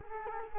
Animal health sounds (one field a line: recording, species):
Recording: mosquito wingbeat signal from an infrared sensor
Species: Culex quinquefasciatus